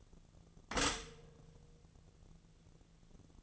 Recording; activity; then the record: daily activity, microphone in the room; stop toaster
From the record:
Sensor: 4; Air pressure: 1001.0 hPa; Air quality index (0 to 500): 163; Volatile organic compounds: 2 ppm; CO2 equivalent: 1190 ppm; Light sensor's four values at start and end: 17/39/17/18 and 17/39/17/18